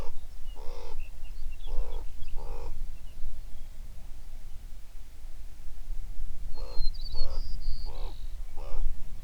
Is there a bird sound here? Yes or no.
yes